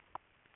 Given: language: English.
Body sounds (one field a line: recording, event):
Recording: throat vibration sensor signal played as sound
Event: swallow